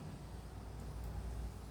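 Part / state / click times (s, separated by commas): umbilical cord clamp onto umbilical cord / not seated / none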